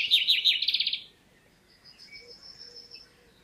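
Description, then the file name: Common chaffinch song: a quick run of chirpy notes that stops abruptly. A faint, high, steady whistle follows. "Fringilla coelebs"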